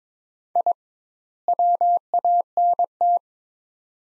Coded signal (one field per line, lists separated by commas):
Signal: Morse code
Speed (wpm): 22 wpm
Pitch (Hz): 700 Hz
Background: none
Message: I WANT